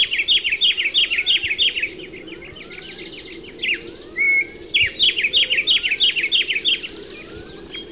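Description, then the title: Bird singing quick runs of bright, high chirps in repeated bursts, broken by a single clear whistle near the middle, over a soft steady background hum. "LuckyPassaro Completos2Sama"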